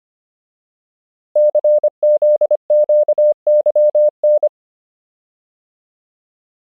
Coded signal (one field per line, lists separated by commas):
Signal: Morse code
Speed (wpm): 25 wpm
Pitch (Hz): 600 Hz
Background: none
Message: CZQYN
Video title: Morse Code Alphabet Practice — 25 WPM